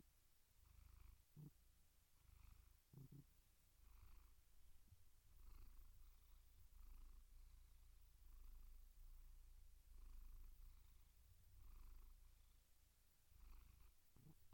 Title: Cat Meow Sounds